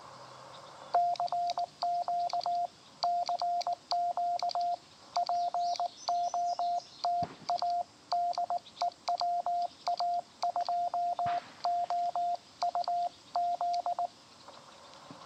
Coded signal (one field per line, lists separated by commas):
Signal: Morse code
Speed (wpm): 19 wpm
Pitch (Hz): 700 Hz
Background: radio noise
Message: CQ CQ POTA DE WA2OUZ